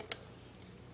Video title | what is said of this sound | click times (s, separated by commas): Step by step how to clean/take apart xbox 360 part 2 | there you go perfect fit back perfect fit you need to hear a little click | 0.1 s